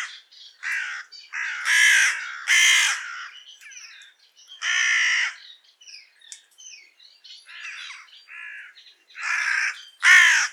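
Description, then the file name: Carrion crow caws, harsh and rasping, mixed with several softer, varied notes. "Corvus corone"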